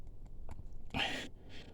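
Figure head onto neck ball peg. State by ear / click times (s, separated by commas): not seated / none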